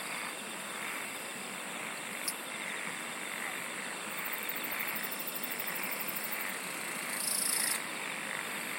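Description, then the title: Insect song: a very high, rapidly pulsed trill midway through and a louder buzzy burst near the end, over continuous hiss and one sharp click. "SINGING OF INSECTS"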